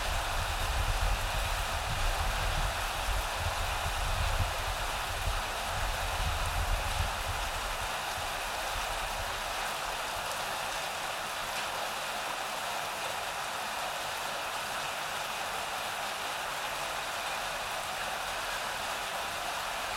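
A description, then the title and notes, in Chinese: Rain falls in a steady, dense hiss across the whole twenty seconds, bright and even with no letup. During the first seven seconds or so a low rumble sits beneath it, then fades away, leaving only the rain. 雷雨声。夏季的雨。在下雨天的时候录下来。下雨的声音。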